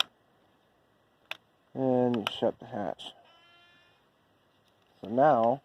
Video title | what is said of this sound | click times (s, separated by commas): ( DRONE COMPARISON ) What drone is actually the best for beginners but can be used professionally! | go ahead and just slide your battery in until it clicks | 0.0 s